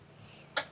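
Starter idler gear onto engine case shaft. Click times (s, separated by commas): 0.6 s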